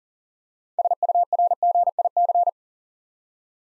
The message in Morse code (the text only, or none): SURGIC